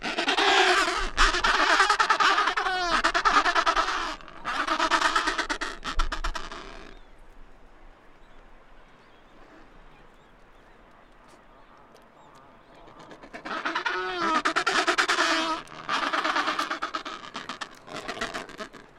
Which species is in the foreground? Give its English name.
Adelie Penguin